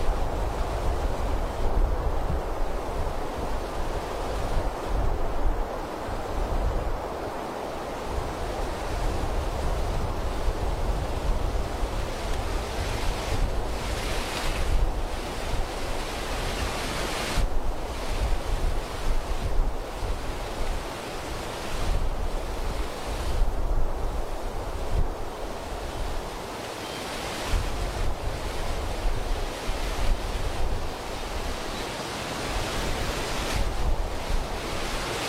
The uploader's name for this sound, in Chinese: 森林间的风